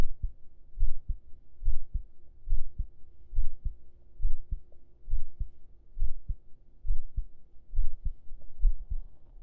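Steady, regular paired low thumps at about 70 beats per minute, muffled as if heard with an ear pressed against the chest, lying on the chest under the shirt. A faint constant hum runs underneath. It is an adult heartbeat heard close up on the chest.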